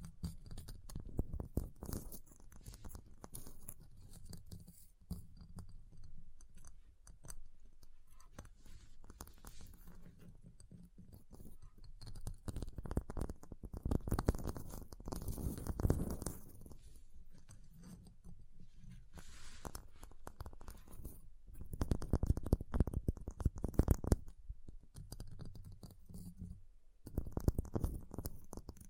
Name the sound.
Ice Tapping, Scratching, Carving Sounds